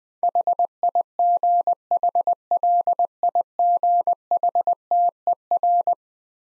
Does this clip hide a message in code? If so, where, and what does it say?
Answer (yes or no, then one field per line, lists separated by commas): yes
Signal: Morse code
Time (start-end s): 0.2-5.9 s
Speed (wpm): 20 wpm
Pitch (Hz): 700 Hz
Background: none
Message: HIGHLIGHTER